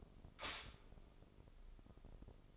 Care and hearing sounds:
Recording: daily activity, microphone in the room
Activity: stop toaster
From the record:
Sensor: 5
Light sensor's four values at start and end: 35/83/34/34 and 35/83/34/34

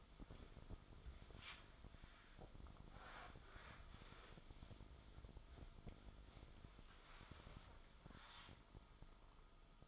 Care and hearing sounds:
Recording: daily activity, microphone in the room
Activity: wipe stove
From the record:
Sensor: 5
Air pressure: 1004.9 hPa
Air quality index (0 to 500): 99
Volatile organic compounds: 2 ppm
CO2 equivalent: 1206 ppm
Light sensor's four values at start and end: 33/75/31/31 and 32/71/30/30

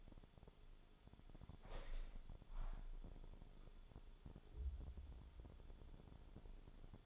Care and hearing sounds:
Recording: daily activity, microphone in the room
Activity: open window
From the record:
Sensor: 5

